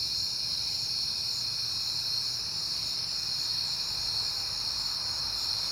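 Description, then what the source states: Crickets chirping in a dense, continuous high-pitched chorus of many overlapping callers, steady throughout, with a faint low rumble underneath. Crickets on a peaceful night in September; crickets heard often lately.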